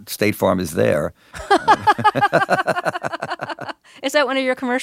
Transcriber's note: laughter